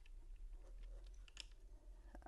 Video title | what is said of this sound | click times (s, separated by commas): Pinflair! | I don't know if I went down I didn't hear it click there we did and there you are | 1.3 s, 1.4 s